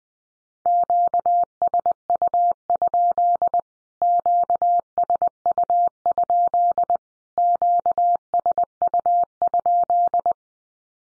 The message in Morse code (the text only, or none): QSU? QSU? QSU?